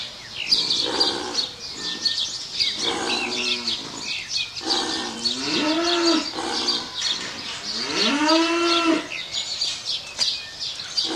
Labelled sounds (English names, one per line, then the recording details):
Yak call
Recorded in captivity
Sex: female
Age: adult
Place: Zoo Berlin, Berlin, DE
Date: 1987-07-02 10:09
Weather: sunny, 20°C
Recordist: Tembrock, Günter